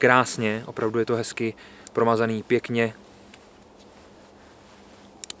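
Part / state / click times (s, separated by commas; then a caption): knife blade locking open against the frame lock in the handle / seated / 5.2 s, 5.3 s. Someone talks for the first three seconds, then after a quiet pause the blade of a KA-BAR Jarosz Wharncliffe folding knife with a handle of around 12.7 cm is opened. Two sharp, positive clicks at 5.2 s and 5.3 s mark its titanium frame lock in the handle snapping into place, and the blade is locked open.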